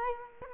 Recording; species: mosquito wingbeat signal from an infrared sensor; Culex quinquefasciatus